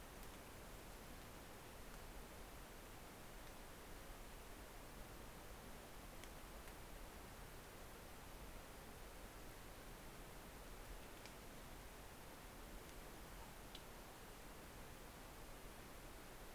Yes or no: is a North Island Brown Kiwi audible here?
no